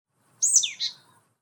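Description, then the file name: Marsh tit call: a single sharp, high note sweeping downward, quickly followed by a softer, shorter second note, against a quiet background. "Poecile palustris"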